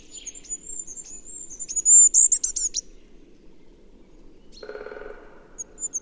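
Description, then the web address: Bird, high whistled chirps running into a quick buzzy flourish, then a pause and a short low rasping burst before faint chirps return. "Bird Only"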